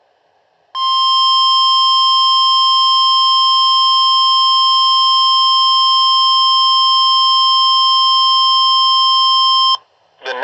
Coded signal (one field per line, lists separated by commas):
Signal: Emergency Alert System (SAME) tones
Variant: 1050 Hz attention tone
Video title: TORRENTIAL DARKNESS - EAS Alerts from 5/22/24 #49-51